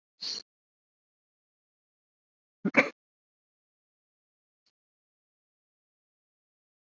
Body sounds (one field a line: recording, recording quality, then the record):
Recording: deep breathing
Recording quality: excellent, no background noise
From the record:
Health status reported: COVID-19 positive, mild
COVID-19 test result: positive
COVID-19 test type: RT-PCR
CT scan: not taken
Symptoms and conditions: cold, fever, another respiratory illness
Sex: male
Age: 27 years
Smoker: no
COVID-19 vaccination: both doses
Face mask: worn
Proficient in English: yes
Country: India